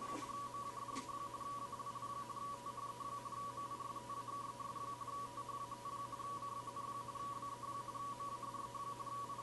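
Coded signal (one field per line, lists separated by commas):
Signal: RTTY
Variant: 45.45 baud, 170 Hz shift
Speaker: plug the usb cable in to power the arduino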